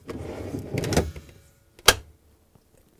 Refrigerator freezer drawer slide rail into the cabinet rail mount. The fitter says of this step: i i thought you heard the click